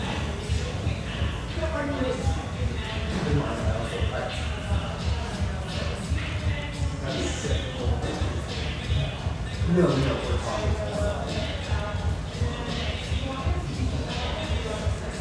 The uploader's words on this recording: Sellwood, Portland, Oregon. Family-oriented, high-ceilinged java joint near Portland's Willamette riverfront.